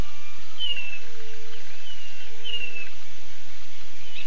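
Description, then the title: Blue-naped chlorophonia calling: a few thin, clear descending whistles with lower tones, over a steady background hiss. "LuckyPassaro Completos2Sama. Blue-naped Chlorophonia (Chlorophonia cyanea)"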